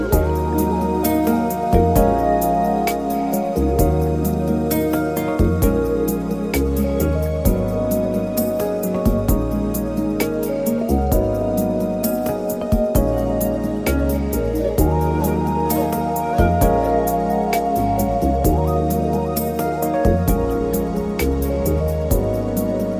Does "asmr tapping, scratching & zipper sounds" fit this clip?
no